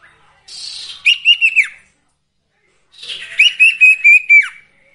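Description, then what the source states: Sirtu song in two similar phrases, each a buzzy start followed by quick warbling whistled notes that end in a falling slur. Training recording for songbirds with the full variation of sirtu phrases.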